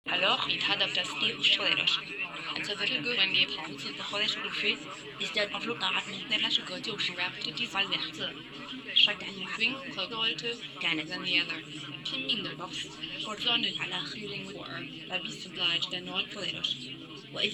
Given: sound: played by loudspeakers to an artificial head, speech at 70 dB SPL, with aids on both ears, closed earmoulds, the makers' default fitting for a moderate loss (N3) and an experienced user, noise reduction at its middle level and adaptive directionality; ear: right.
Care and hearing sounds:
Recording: speech test signal (ISTS) in cocktail-party noise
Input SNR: 0 dB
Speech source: on the right (90 degrees)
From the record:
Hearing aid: class 1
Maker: C

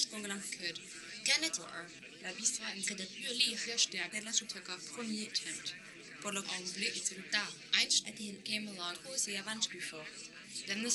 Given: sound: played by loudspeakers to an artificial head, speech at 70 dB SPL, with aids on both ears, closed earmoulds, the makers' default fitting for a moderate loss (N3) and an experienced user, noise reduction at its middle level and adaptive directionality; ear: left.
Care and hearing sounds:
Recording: speech test signal (ISTS) in cocktail-party noise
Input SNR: +6 dB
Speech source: in front (0 degrees)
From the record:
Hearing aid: class 1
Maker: H

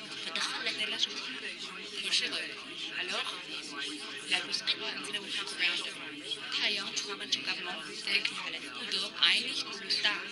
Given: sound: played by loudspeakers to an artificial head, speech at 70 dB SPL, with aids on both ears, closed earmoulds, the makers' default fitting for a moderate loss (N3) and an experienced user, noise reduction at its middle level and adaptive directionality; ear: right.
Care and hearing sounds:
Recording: speech test signal (ISTS) in cocktail-party noise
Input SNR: -6 dB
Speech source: on the right (90 degrees)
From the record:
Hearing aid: class 2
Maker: B

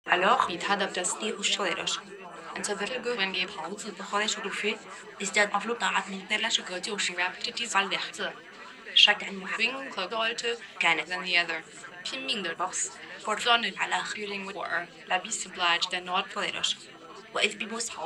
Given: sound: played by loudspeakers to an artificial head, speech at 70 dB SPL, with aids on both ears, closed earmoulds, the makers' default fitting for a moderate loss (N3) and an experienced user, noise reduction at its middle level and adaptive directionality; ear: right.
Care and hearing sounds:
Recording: speech test signal (ISTS) in cocktail-party noise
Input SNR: +6 dB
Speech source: in front (0 degrees)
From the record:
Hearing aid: class 2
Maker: E

